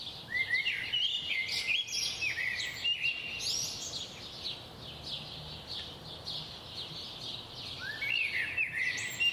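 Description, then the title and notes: Birds in a dense chorus of overlapping high chirps and whistles, with a clear rising whistle near the start and another near the end, over a steady background hiss. Recorded at 4am. "Birds at 4am by Daniel Sky"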